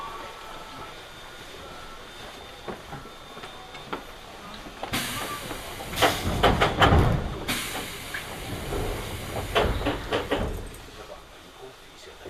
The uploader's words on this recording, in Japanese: 耳で楽しむ鉄道旅 北総鉄道→都営浅草線 東松戸→人形町。正確には京成高砂から京成本線と京成押上線を通って都営浅草線に入ります。